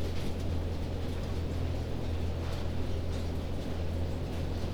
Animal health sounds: poultry house recording; no chicken sound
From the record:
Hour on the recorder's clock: 1

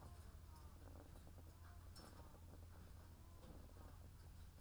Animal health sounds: poultry house recording; sick chickens (respiratory disease)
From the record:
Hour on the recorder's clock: 13

